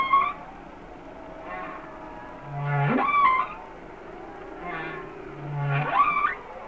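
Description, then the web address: Humpback whale song units, low steady moans and upward sweeps rising into high wavering notes, over a noisy background. "Whale Songs Sounds of Nature - Humpback Whales"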